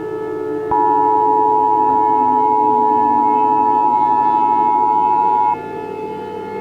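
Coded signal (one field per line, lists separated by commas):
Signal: Emergency Alert System (SAME) tones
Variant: 853 and 960 Hz attention tone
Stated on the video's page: Self-made fictional World War 3 Emergency Alert System scenario with SAME tones.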